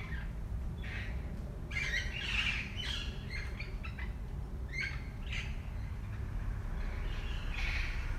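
Parakeets uttering harsh screechy squawks in irregular clusters, some short and clipped, others drawn out, over a constant low rumble.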